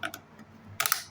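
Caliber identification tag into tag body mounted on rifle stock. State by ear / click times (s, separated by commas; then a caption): seated / 0.8 s. A caliber identification TRAC tag for an ATI Strikeforce GEN 2 stock is fed at an angle into the base of the tag body mounted on the rifle stock and pushed into place. Two light clicks come early, then a sharp, bright snap at 0.8 s followed by quick rattling ticks through about 0.9 s. The tag has snapped into place and is installed.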